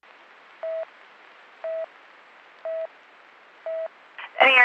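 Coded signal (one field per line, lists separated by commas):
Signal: none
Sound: radio channel alert beeps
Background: speech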